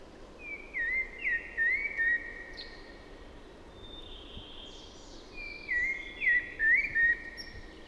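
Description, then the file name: Common blackbird repeating a melodious phrase twice, each made of warbled low whistles followed by thin high squeaks, over a light hiss. "Turdus merula"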